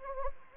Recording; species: mosquito wingbeat signal from an infrared sensor; Anopheles gambiae